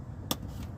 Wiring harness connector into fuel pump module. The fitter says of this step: Let's go until it clicks.